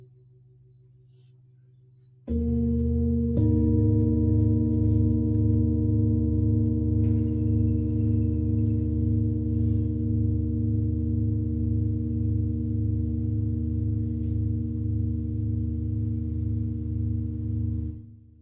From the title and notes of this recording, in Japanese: 朝焼けのメキシコから シンギングボウルのサウンドヒーリングライブ。